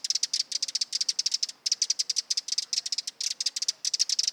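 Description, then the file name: Eurasian wren repeating hard, high ticks in rapid sequences that break off and restart a few times, a dry rattling effect over quiet background. Nominate subspecies Troglodytes troglodytes troglodytes. "Vogelstimme Zaunkoenig - Eurasian Wren - Troglodytes troglodytes troglodytes"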